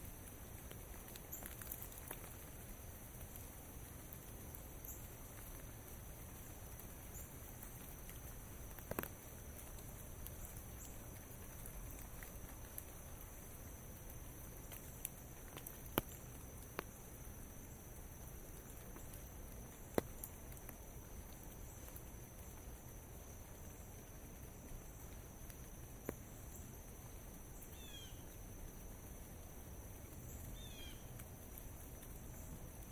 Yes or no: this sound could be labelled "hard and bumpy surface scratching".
no